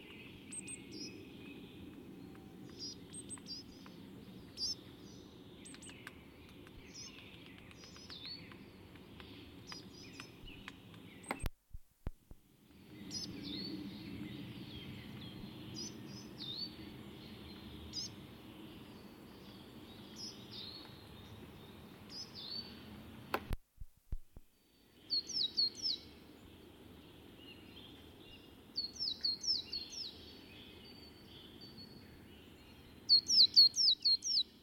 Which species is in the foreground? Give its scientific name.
Periparus ater